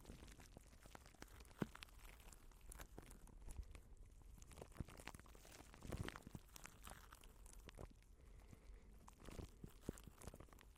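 Plastic wrap crinkles and crunches continuously, a dense stream of small crackling clicks with frequent sharper snaps scattered throughout. Louder bursts stand out near 1.5, 6 and 10 seconds, over a soft low rumble of handling underneath.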